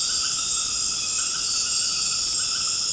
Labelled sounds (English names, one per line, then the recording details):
none
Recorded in secondary vegetation near Puerto Asís, Putumayo, Colombia, on 24 March 2025 at 21:00
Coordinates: 0.485, -76.322
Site G040